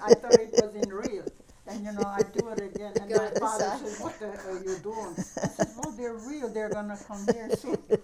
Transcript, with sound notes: I thought it was real. And, you know, I'd do it again. ( they laugh ) And my father would say, "What the heck are you doing?" "No, they're real. They're going to come here soon."